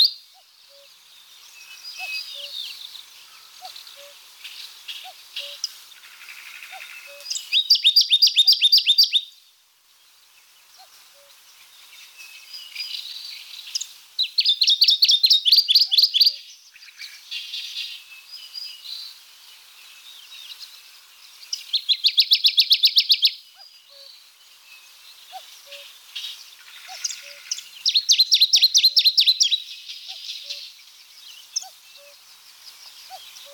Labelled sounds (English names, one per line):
Dusky Warbler song